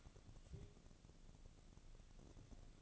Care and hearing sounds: daily activity, microphone in the room; take from stove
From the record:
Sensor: 4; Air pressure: 1000.8 hPa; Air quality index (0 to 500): 123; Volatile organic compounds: 1 ppm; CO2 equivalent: 926 ppm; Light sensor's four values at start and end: 44/109/46/51 and 45/109/46/52

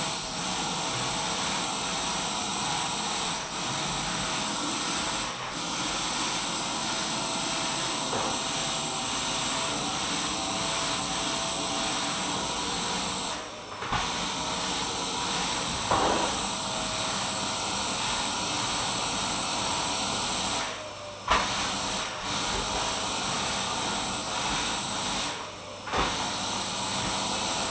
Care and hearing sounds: daily activity, microphone in the room; vacuum cleaning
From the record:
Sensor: 1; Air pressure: 994.4 hPa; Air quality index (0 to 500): 217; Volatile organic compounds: 1000 ppm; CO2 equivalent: 7749 ppm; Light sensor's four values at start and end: 52/115/51/54 and 51/113/51/54

